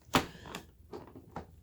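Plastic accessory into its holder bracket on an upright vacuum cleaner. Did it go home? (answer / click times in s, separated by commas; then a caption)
yes / 0.2 s. A plastic accessory is lined up with the small holder bracket on a Sebo Automatic X5 upright vacuum cleaner and pushed in, seating with a sharp click at 0.2 s. Fainter short knocks follow around 0.6 s and 1.4 s, and the accessory ends up popped firmly into its bracket with no effort.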